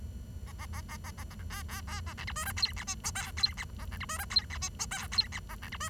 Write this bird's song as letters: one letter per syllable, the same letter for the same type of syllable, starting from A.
A A A A A A A A B B B A C D E F G H I J K G H A C D E F G H I J K G H A C D E